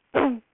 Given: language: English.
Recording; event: throat vibration sensor signal played as sound; throat clearing